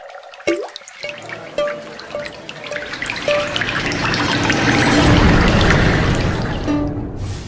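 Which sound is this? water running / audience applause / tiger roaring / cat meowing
water running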